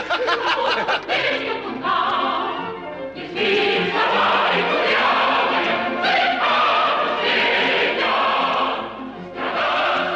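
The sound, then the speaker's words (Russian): A crowd claps loudly and steadily for about ten seconds, the dense patter of many hands mixed with excited voices, laughter and cries, easing briefly before surging again. “Садится обратно на лавку. Все хлопают.”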